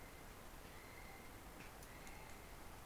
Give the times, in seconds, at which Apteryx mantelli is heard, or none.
0.00-2.85